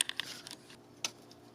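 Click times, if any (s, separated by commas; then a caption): none. After a radiator swap on a Hyundai Elantra (Avante), the radiator cooling fan wiring connector is handled and pushed toward its mating plastic socket. A few brief, sharp plastic ticks sound near the start and another louder tap around 1.0 s, over a quiet background. The connector has not seated or clicked in yet.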